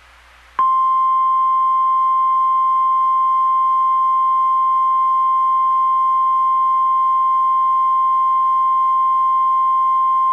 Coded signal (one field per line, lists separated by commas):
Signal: Emergency Alert System (SAME) tones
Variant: 1050 Hz attention tone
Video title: EAS Civil Emergency Message for Newcastle WY